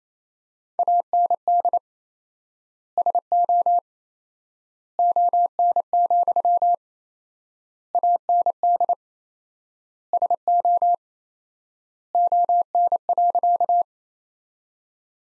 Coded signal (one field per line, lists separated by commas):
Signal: Morse code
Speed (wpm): 28 wpm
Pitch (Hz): 700 Hz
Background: none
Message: AND SO ON, AND SO ON.